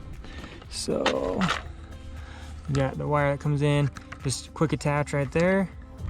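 A power wire is being handled at the plastic quick-attach connector of an Omlet automatic chicken coop door unit while someone talks over faint background sound. A few short, quiet sharp sounds are heard, but the wire has not snapped into place and nothing has seated or clicked yet.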